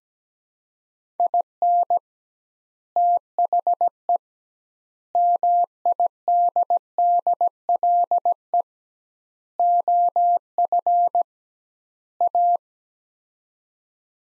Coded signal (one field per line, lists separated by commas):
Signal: Morse code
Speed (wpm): 17 wpm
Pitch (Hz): 700 Hz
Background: none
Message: IN THE MIDDLE OF A